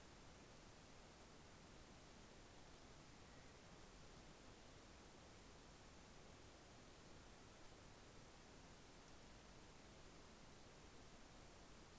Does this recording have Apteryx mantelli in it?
no